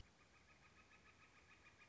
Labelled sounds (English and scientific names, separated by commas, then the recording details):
Northern Flicker (Colaptes auratus)
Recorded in Sonoma County, California